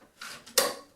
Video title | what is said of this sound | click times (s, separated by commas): PowerBlock Elite 90 Dumbbell Video Review | right there that's the magnet engaging the metal bar | 0.6 s